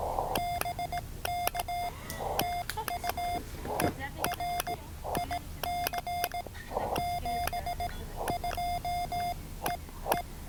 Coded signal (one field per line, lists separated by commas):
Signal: Morse code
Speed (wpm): 18 wpm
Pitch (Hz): 700 Hz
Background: speech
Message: BK TU ERIC 72 EE